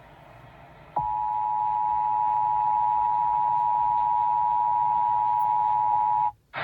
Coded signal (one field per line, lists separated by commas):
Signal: Emergency Alert System (SAME) tones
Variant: 853 and 960 Hz attention tone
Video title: Oct 3 2018 Test of the Emergency Alert System on AM radio 930 WBEN, 550 WGR, no CONELRAD 640/1240 !